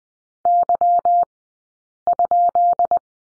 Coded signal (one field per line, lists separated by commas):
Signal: Morse code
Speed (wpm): 20 wpm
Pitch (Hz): 700 Hz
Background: none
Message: Y?